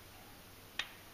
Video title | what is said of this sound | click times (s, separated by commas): How to strip a glock for cleaning | you hear that it just clicked | 0.8 s